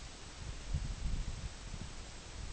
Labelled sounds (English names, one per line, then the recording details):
none
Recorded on Arctic tundra, site EABA-MC, on 24 June 2019
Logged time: 12:00